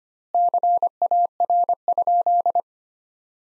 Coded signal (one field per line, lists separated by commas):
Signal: Morse code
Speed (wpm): 25 wpm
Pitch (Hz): 700 Hz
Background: none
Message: CAR?